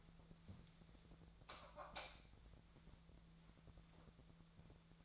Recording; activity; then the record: daily activity, microphone in the room; light on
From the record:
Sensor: 3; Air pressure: 1000.0 hPa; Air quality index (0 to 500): 124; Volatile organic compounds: 2 ppm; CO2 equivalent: 1108 ppm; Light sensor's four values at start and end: 42/105/45/49 and 44/113/48/52